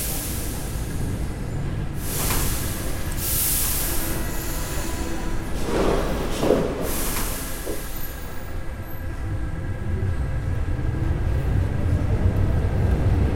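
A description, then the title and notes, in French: A metro train rumbles on with a steady low roar, bright squeals and hisses flaring around two, three, and six to seven seconds. Une carte postale sonore du métro.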